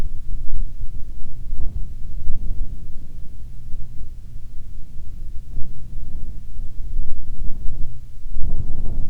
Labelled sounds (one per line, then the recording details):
wind
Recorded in the Prudhoe Bay oil fields, Alaska, on 7 August 2019 at 14:21
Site 17